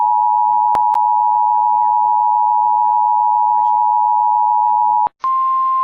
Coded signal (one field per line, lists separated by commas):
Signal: Emergency Alert System (SAME) tones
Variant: 853 and 960 Hz attention tone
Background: speech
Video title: HELLTARGET (An EAS Compilation On May 19-20TH) with alerts on FM AND GUPT IP RADIO!!